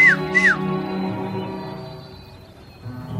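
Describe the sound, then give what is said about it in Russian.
In a film scene, the character Zheglov whistles to Vekshin: two short, quick notes in a row, each sliding up and then down in pitch, over a steady low humming background that continues after the whistles stop. “Жиглов свистит Векшину.”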